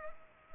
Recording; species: mosquito wingbeat signal from an infrared sensor; Culex pipiens